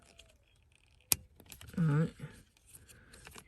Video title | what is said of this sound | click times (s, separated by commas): 2015 Toyota Tundra Trailer Brake Controller with Dash | you heard it click this | 1.1 s